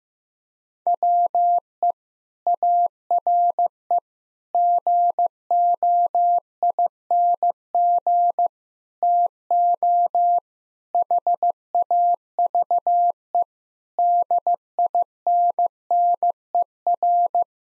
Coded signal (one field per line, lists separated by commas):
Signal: Morse code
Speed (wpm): 15 wpm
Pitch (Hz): 700 Hz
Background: none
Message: WE ARE GOING TO HAVE DINNER